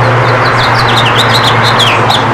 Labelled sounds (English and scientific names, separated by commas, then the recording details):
House Finch (Haemorhous mexicanus) song
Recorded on Long Island, New York, on 14 June 2012
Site GL
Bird D